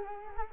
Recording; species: mosquito wingbeat signal from an infrared sensor; Culex quinquefasciatus